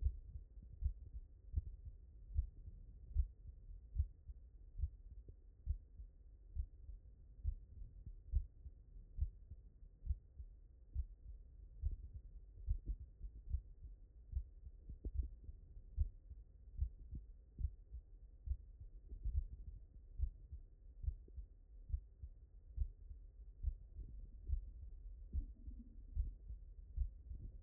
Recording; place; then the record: heart sounds by stethoscope; mitral valve (MV)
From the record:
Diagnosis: non-HFrEF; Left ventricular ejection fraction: 68%